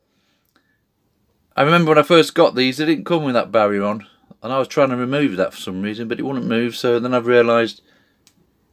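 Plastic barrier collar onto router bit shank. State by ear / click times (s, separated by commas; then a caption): seated / 8.3 s. A plastic depth barrier collar is pushed onto the shank of a router bit while someone talks. After the talking ends, a single sharp snap at 8.3 s marks the barrier popping into place, seated on the bit.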